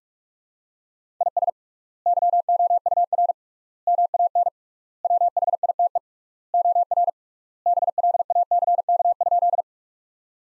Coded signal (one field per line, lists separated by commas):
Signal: Morse code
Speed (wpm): 41 wpm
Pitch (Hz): 700 Hz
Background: none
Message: IS YOUR MAN WHITE OR BLACK?